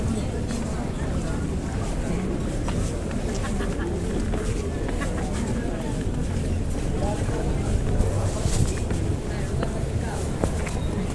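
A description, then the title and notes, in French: A sound walk in Cadaquès, with a steady low rumble like a boat engine running throughout, mixed with wind buffeting the microphone. Indistinct voices murmur underneath, and brief clicks and knocks come through now and then, a little louder around eight seconds. Balade à Cadaquès. Juste une ballade sonore à cadaquès.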